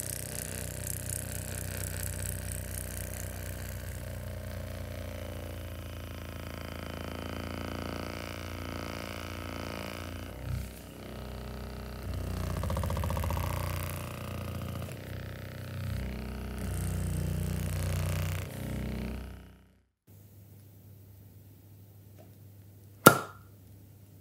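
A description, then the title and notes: An electric massager runs with a steady, buzzing motor drone and a strong low hum, its tone shifting and wavering around 10 seconds and again near 16 seconds as it presses against the body. The motor cuts off near 20 seconds, leaving a faint low hum, then a sharp click near 23 seconds. Spa full body massage with massager.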